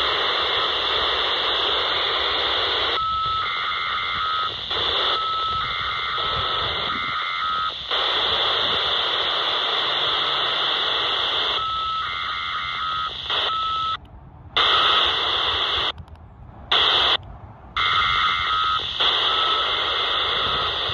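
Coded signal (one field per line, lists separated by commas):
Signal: modem data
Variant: FSK telemetry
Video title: 37.120 MHz 74.4 Hz - FSK Data Bursts SCADA or Telemetry - VHF Low Band DX - 16 February 2023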